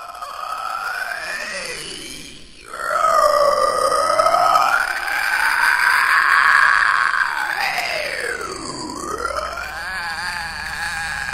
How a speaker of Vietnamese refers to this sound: Chưa ngừng ở đó, từ phía bên kia cánh cửa gỗ, những tiếng âm thanh lạ như của một người không lưỡi cất lên thê lương, kinh hãi đến vô cùng.